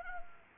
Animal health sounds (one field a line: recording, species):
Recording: mosquito wingbeat signal from an infrared sensor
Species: Anopheles arabiensis